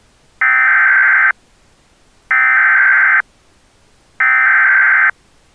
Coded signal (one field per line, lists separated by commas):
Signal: Emergency Alert System (SAME) tones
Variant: header bursts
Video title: EAS Scenario: A Tempestuous Tease